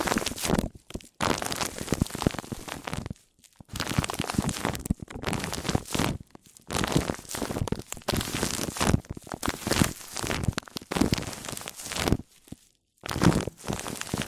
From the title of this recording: MIC ON MIC Triggers